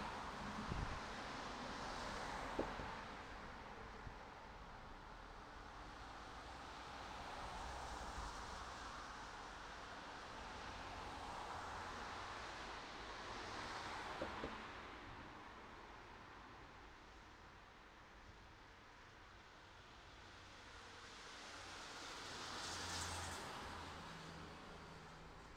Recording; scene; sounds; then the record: everyday scene through a hearing-aid microphone; in traffic; traffic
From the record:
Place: city secondary road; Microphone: in the ear canal, right